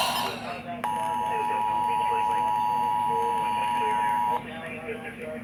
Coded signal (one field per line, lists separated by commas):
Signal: Emergency Alert System (SAME) tones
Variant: 853 and 960 Hz attention tone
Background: speech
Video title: OOOK.. Severe Thunderstorm Warning (6-14-21) (EAS #65-70)